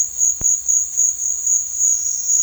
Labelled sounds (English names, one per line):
none